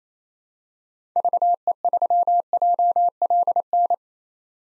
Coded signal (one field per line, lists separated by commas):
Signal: Morse code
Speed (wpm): 28 wpm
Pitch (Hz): 700 Hz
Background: none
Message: VE3JLN